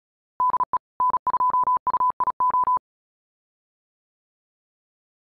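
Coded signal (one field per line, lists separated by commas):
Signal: Morse code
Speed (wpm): 36 wpm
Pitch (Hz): 1000 Hz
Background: none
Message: DE N2UIO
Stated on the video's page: High-speed QRQ CW training.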